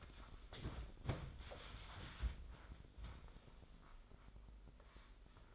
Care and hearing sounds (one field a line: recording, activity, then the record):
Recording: daily activity, microphone in the room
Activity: wipe stove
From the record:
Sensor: 5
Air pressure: 996.2 hPa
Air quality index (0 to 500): 96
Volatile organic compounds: 5 ppm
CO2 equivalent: 1824 ppm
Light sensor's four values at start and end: 34/80/33/36 and 33/79/33/34